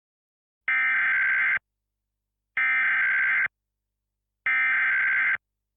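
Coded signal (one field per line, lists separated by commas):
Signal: Emergency Alert System (SAME) tones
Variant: header bursts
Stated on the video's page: Fictional EAS scenario.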